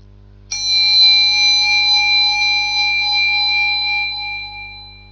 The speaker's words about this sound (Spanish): A continuación va a sonar una campanilla de meditación. Debéis seguir su sonido hasta el final, hasta que se haga el vacío.